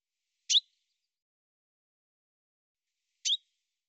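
Bird call: two sharp high chirps spaced nearly three seconds apart in silence.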